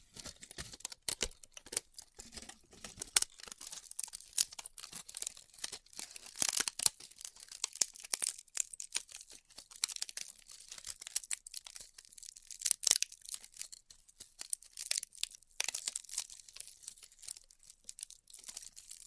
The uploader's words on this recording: ASMR Styrofoam Heat Cutting (No Talking).